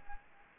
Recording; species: mosquito wingbeat signal from an infrared sensor; Aedes aegypti